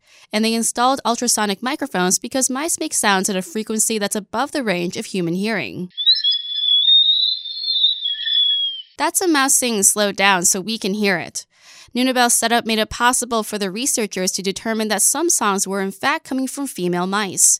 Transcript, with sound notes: And they installed ultrasonic microphones, because mice make sounds at a frequency that’s above the range of human hearing. [Mouse singing sound] That’s some mouse singing slowed down so we can hear it. Neunuebel’s set-up made it possible for the researchers to determine that some songs were in fact coming from female mice.